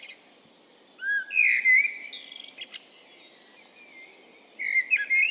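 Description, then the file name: Eurasian blackbird with a rising thin whistle followed by squeaky, scratchy twitters, a pause, then another short twittering burst. "Turdus merula"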